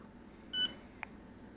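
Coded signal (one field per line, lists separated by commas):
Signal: beep code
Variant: BLHeli ESC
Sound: one short electronic beep followed by a faint click in a quiet room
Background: quiet room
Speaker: one beep for normal rotation two beeps for reverse and I don't know what three beeps is so normal reverse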